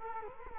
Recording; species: mosquito wingbeat signal from an infrared sensor; Culex quinquefasciatus